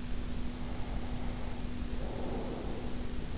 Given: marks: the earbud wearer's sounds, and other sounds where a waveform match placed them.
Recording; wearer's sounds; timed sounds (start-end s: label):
sounds in sleep by an in-ear microphone; breath
0.47-3.29 s: breath